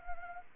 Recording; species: mosquito wingbeat signal from an infrared sensor; Anopheles arabiensis